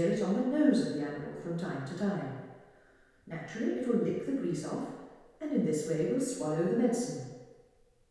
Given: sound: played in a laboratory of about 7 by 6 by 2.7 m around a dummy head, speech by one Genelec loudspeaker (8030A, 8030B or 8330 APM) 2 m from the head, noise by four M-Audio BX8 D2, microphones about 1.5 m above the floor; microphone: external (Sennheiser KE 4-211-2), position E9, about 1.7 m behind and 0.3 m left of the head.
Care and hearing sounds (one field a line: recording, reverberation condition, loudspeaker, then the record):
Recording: female speech in English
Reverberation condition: high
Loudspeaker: 120 degrees to the right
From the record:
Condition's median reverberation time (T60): about 1300 ms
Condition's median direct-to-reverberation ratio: about -4.0 dB